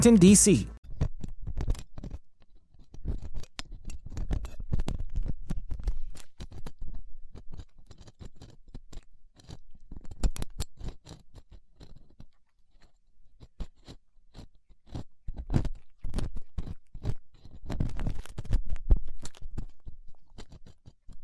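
Ear cleaning sounds with latex gloves, a dental pick and cotton swabs: dense, irregular crackles, scrapes and crunchy rustles fill the whole clip, with sharp clicks scattered throughout. A louder burst opens the start, and busier stretches return around ten and sixteen to nineteen seconds.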